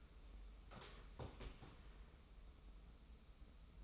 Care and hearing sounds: daily activity, microphone in the room; sit down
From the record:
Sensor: 1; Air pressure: 994.4 hPa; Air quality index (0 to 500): 222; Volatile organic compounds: 1000 ppm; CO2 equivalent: 7944 ppm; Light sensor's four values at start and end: 122/276/124/136 and 124/282/126/138

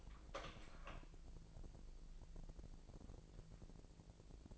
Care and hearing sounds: daily activity, microphone in the room; open door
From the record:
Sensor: 5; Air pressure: 1001.2 hPa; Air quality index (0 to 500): 248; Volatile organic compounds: 35 ppm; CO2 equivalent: 3057 ppm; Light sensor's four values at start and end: 36/83/33/32 and 36/83/33/32

